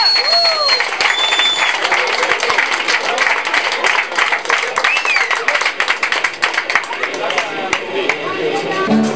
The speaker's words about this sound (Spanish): Y lo escuchamos con un fuerte aplauso.